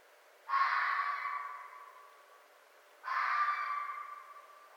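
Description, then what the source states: Red fox uttering two loud hoarse screams about two and a half seconds apart, each bursting out sharply then trailing off gradually. Recorded on 4 May 2011.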